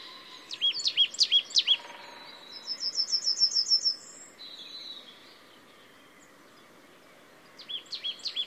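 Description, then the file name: Marsh tit calls: a burst of sharp high chip notes, then a rapid thin stuttering trill, a pause, and another short chip series near the end. "Poecile palustris"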